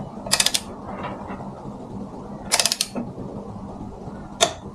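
A click-type torque wrench set to 15 ft-lb tightens the drain/fill plug on a Harley motorcycle's primary chain case. Two bursts of rapid ratcheting are heard around 0.3–0.6 s and 2.6–2.8 s over a steady low hum. The wrench breaks over with a single sharp click at 4.4 s, showing the plug has reached 15 ft-lb.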